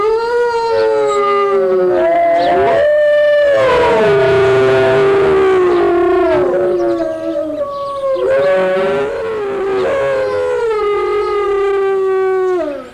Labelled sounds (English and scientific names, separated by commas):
Gray Wolf (Canis lupus) howling